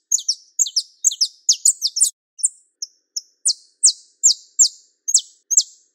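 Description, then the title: Belgian canary song: quick clustered chirps that slow into evenly spaced, loud downward-sweeping notes. Pure Belgian canary, song. "Canto Do Canário Belga Puro"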